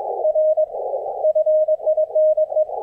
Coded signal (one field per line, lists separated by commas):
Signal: Morse code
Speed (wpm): 21 wpm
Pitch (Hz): 620 Hz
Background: none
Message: R FINE